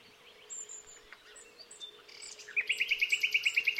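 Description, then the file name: Common nightingale song: faint scattered notes, then a sudden fast series of loud repeated notes, over a steady low hum. "Luscinia megarhynchos"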